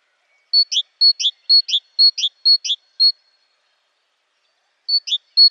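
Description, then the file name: Great tit song: a bright two-note phrase, high then lower, repeated about five times quickly, a pause, then the phrase starting again. "BOGATKA"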